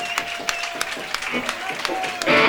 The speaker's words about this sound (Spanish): quiero que le deis un gran aplauso. Gracias.